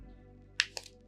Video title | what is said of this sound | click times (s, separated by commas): Checking out 6 Spigen iPhone 15 Cases 📱 + EZ Fit Lens & Screen Protectors | um and then here you can see we have a nice sliding door that locks in place to protect those lenses | 0.6 s